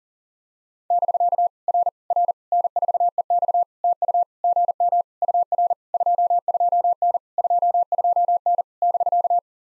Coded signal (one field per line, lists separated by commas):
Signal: Morse code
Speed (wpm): 40 wpm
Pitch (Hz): 700 Hz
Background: none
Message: <BK> R R N4EX TU GM UR 22N 22N <BK>